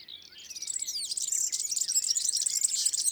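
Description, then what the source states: European Serin song, a quick, high, sizzling jingle that starts softly and grows into a dense, tinkling trill. Song in the first morning sunshine on 25–26 May 2019 at Lesches and Saint-Dizier-en-Diois; recorded on a Nagra Seven with two MKH40 and 8020 microphones.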